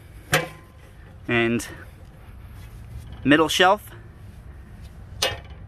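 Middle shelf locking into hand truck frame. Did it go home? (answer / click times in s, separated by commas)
yes / 5.2 s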